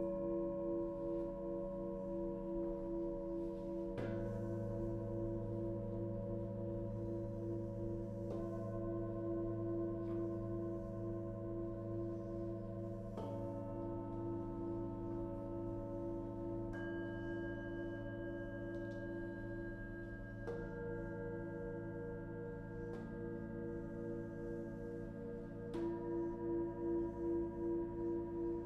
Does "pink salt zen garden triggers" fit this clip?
no